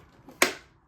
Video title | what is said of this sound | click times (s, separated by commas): The Most Complete 12 Step Review of the Dragonfly Haslab! - Yo Joe Java | You can hear it snap. | 0.4 s